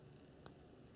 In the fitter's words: Hear that click? That's position 0.